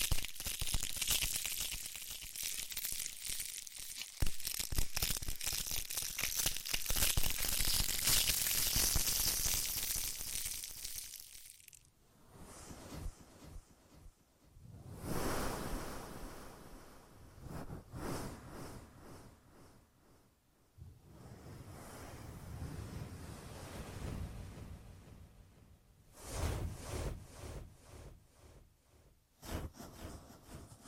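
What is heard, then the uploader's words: Ear massage sounds: for the first twelve seconds a dense, bright rubbing rush full of crackly friction, then a sudden drop. After that, softer sweeping strokes rise and fade every few seconds, whooshing like wind or surf against the mic. ASMR Echoed Triggers. Ear Massage.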